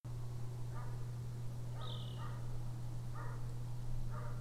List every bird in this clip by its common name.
Water Rail